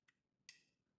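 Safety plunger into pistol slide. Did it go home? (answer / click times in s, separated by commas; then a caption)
yes / 0.5 s. A safety plunger with a plastic head is pressed into the firing pin channel of a Glock 17 Gen 3 pistol slide. After a faint tick near 0.1 s, a sharp, bright click at 0.5 s rings briefly and fades. The plunger clicks in and is seated.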